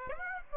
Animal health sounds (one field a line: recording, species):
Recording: mosquito wingbeat signal from an infrared sensor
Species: Aedes aegypti